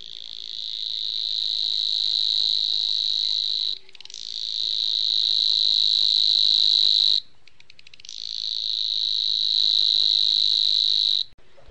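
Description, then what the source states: Savi's Warbler song, a fast, even, insect-like reeling buzz held for several seconds, broken by brief pauses into three long bursts. Mechanical, cricket-like reeling song, compared to a fishing reel; sung from within reeds; hard to locate as the sound spreads through reeds and water.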